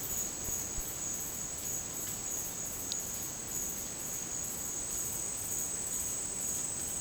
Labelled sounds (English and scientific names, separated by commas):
none